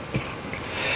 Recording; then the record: coughing mixed with background sound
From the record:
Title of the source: Dry Afternoon Cough